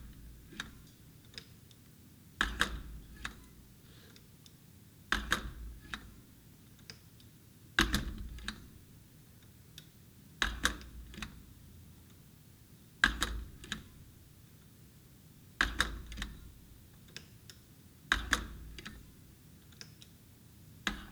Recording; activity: daily activity, guitar pickup as the sensor; manipulate door